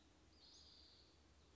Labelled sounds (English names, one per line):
Western Flycatcher